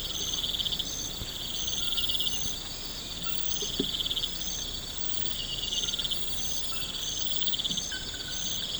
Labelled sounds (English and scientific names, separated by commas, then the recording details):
none
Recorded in pastures near Puerto Asís, Putumayo, Colombia, on 12 March 2025 at 00:30
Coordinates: 0.472, -76.329
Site G074